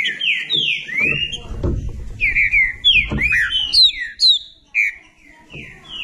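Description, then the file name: Green-winged saltator song: loud, clear whistled phrases, slurred up and down, given in quick varied bursts, with low thumping sounds underneath. "canto do trinca ferro"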